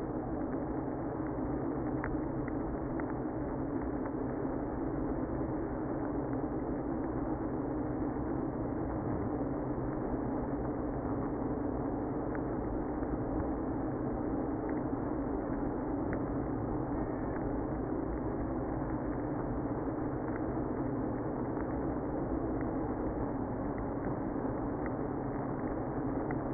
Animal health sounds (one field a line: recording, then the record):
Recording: honeybee colony, microphone inside the hive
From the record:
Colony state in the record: queenless (queen removed)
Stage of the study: after two queens were removed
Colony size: about 60,000 bees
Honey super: yes